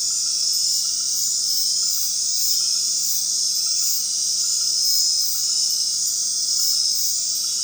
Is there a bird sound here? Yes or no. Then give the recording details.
no. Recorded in dense forest near Puerto Asís, Putumayo, Colombia, on 19 February 2024 at 20:30. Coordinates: 0.499, -76.324. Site G6469